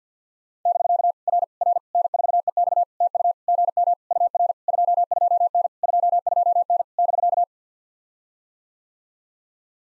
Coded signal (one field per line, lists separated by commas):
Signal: Morse code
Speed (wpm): 53 wpm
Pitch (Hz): 700 Hz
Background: none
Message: <BK> R R N4EX TU GM UR 22N 22N <BK>